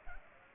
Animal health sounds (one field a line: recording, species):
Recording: mosquito wingbeat signal from an infrared sensor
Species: Culex pipiens